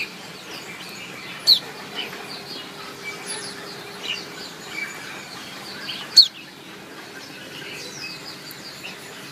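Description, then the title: White-eye giving two sharp, high single chirps several seconds apart, with fainter chirps between. Female bird; chirping used as therapy to prompt silent, non-singing white-eyes to vocalise. "Suara Kicau Pleci Betina Terapi Pleci Mbisu"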